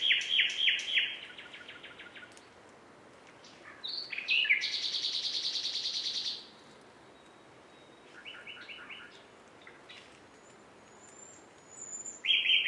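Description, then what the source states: Common nightingale with rapid repeated notes, a harsh buzzy rattle lasting about two seconds, quieter pulsed phrases, and a bright burst at the end. Recording described as a nightingales' concert.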